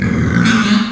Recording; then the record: squeal of a Yucatan mini pig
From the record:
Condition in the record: after surgery on the right vocal fold (resection and tissue-engineered implant); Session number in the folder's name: 14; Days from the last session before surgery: 133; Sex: female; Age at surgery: 19 weeks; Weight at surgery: 25 kg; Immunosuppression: prednisolone